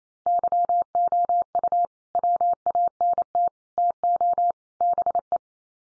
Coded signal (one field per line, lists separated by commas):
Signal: Morse code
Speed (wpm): 28 wpm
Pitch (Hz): 700 Hz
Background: none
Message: YOU WANT TO BE